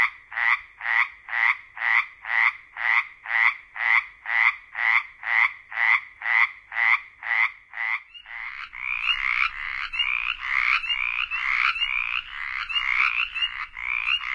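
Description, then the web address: Mountain chorus frog giving rasping trilled calls about twice per second, then joined by other overlapping calling frogs forming a dense grating chorus. Frog from North America. "Songs of Frogs Toads of North America. Mountain Chorus Frog"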